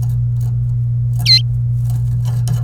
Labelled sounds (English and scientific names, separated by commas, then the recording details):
Domestic Canary (Serinus canaria) song
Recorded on 26 April 2018 at 16:08
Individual llb3